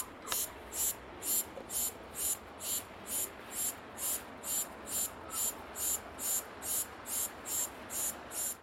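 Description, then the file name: Cicada song: a steady train of high buzzy pulses, about two per second, set against a broad hiss of background noise. Recorded in a park. "cikada kak v parke"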